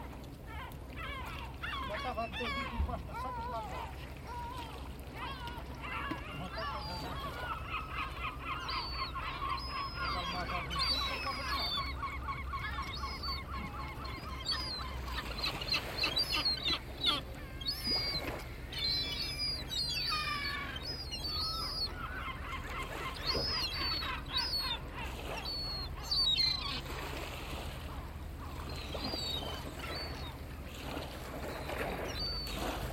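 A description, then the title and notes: Seagulls call repeatedly in bright, wavering cries over a steady low engine hum at a fishing port, with occasional voices and clatter. Fishing port, Baleeira. My visit to Baleeira in Sagres was a revelation. I became mesmerized by the symphony of various breeds of Atlantic seagulls, gracefully scavenging the remnants of mussels being cleaned by two diligent fishermen.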